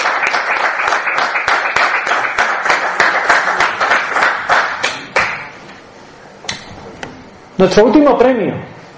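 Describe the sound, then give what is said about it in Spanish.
An audience at an award presentation breaks into steady applause in tribute to the late José Antonio Colinet, a dense patter of many hands clapping for several seconds before it thins out and fades, and a voice then starts speaking. “Un aplauso al cielo, un aplauso a José Antonio Colinet.”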